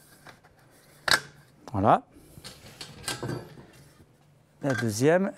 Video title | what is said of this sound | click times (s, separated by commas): Isover - Vario Confort - Episode 2 - Février 2021 | Donc elle va se clipser comme dans une fourrure normale. | 1.1 s